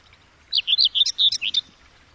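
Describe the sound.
Bird chirping: a quick series of several high, sharp notes packed into about one second, against a faint low background hum.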